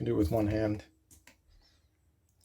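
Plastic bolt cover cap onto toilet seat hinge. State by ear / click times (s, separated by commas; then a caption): seated / 1.3 s. Someone talks briefly, then presses a plastic cover cap over a toilet seat hinge bolt with one hand. It snaps on with a sharp click at 1.3 s, and the cap is seated.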